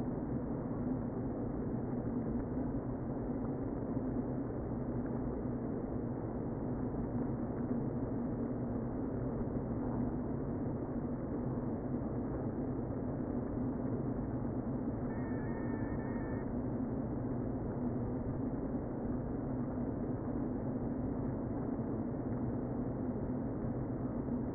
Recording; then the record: honeybee colony, microphone inside the hive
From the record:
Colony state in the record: queen present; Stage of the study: before two queens were removed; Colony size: about 60,000 bees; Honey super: yes